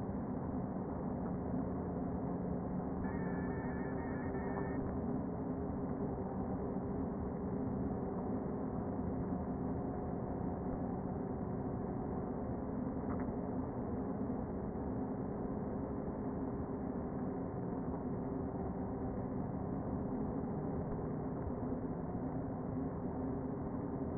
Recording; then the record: honeybee colony, microphone inside the hive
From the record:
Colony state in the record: queen present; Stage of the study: before two queens were removed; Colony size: about 60,000 bees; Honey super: yes